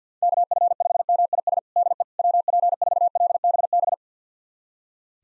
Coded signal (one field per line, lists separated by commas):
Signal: Morse code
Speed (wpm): 50 wpm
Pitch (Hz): 700 Hz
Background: none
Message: KF5MIS DE WP4LBB